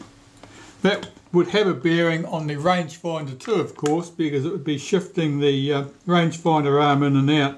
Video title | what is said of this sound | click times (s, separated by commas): A Retina IIa flies in from Malaysia part 01 | it should be sitting somewhere up like that that strut does not pop into place that | none